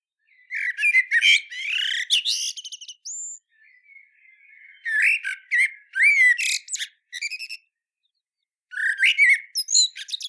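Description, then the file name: Eurasian blackbird song: three phrases, each a low warble running into bright, squeaky twittering notes, separated by short pauses, with no other sounds. "Turdus merula"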